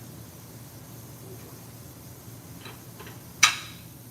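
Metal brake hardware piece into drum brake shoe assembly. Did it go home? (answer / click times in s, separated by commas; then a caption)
yes / 3.4 s. A metal clip/spring piece of drum brake hardware is pressed onto the drum brake shoe assembly. After a few faint scrapes, it gives one sharp, loud metallic snap at 3.4 s. The hardware is confirmed seated, snapped into place.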